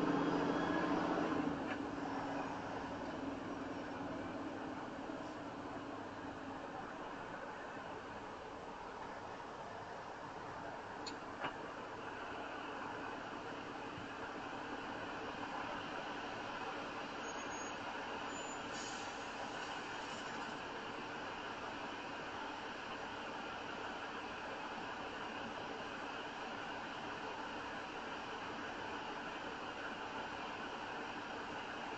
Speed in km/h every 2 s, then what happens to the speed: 31, 31, 23, 21, 15, 10, 6, 3, 2, 0, 0, 0, 0, 0, 0, 0.
3-15 slows to 2. 15-32 standing.